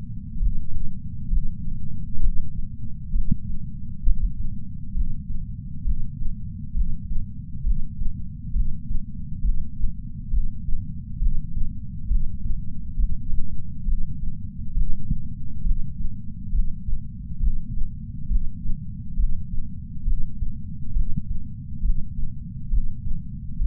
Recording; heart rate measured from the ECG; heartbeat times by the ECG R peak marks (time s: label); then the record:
heart sounds by patch sensor on the chest; 67 bpm
0.39 s: heartbeat
1.29 s: heartbeat
2.21 s: heartbeat
3.12 s: heartbeat
4.03 s: heartbeat
4.93 s: heartbeat
5.84 s: heartbeat
6.73 s: heartbeat
7.63 s: heartbeat
8.53 s: heartbeat
9.41 s: heartbeat
10.30 s: heartbeat
11.19 s: heartbeat
12.08 s: heartbeat
12.96 s: heartbeat
13.85 s: heartbeat
14.74 s: heartbeat
15.63 s: heartbeat
16.51 s: heartbeat
17.40 s: heartbeat
18.28 s: heartbeat
19.16 s: heartbeat
20.04 s: heartbeat
20.93 s: heartbeat
21.82 s: heartbeat
22.70 s: heartbeat
23.58 s: heartbeat
From the record:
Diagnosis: coronary artery disease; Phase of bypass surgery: intraoperative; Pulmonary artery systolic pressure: 24 mmHg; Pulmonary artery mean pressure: 16 mmHg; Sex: male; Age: 58 years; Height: 170 cm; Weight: 80 kg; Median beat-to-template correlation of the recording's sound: 0.91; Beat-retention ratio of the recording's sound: 0.99